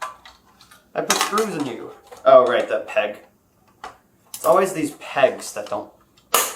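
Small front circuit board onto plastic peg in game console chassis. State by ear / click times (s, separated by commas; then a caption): seated / 6.3 s. A small ring-of-light front circuit board is pressed down onto a plastic locating peg in an Xbox 360 Slim console chassis because it was not fully seated. Someone talks, then a single sharp snap sounds at 6.4 s. The board is seated on the peg.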